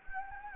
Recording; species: mosquito wingbeat signal from an infrared sensor; Anopheles gambiae